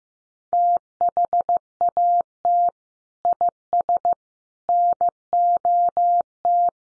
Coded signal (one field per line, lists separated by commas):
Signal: Morse code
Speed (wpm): 15 wpm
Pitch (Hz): 700 Hz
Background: none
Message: THAT IS NOT